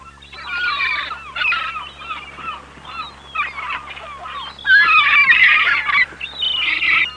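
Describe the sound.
Gulls calling in a dense chorus of overlapping harsh, wavering cries in repeated bursts, loudest in the second half, over a steady low hum.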